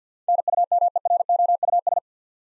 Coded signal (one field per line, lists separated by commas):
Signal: Morse code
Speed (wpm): 53 wpm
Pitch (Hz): 700 Hz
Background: none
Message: NUMEROUS